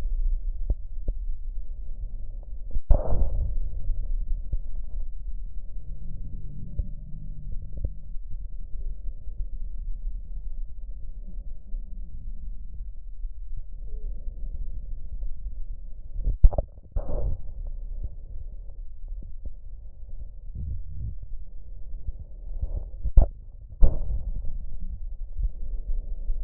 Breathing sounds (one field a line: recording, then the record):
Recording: lung sounds by stethoscope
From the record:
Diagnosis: emphysema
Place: left posterior upper chest